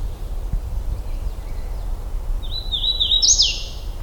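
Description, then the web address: Hooded warbler delivering one song late, stepped whistled notes building into a bright upward-slurred ending, with a faint low rumble throughout. Recorded in Michigan on 16 June 2009 at 08:34. "Michigan Bird Songs Wilsonia citrina"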